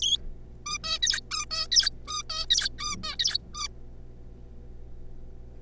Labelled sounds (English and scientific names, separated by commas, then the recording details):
Zebra Finch (Taeniopygia guttata)
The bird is a juvenile
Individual R3549